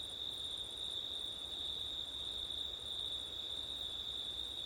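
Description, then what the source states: Cricket chorus: a constant high trill with a higher pulsing layer broken into short bursts, wind hissing gently underneath. Crickets recorded on a September night with wind.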